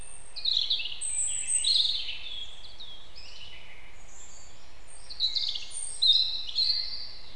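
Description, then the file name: European robin singing varied high phrases of liquid warbles and thin wavering whistles, each phrase different, with pauses between and a steady low background hum. "Erithacus rubecula"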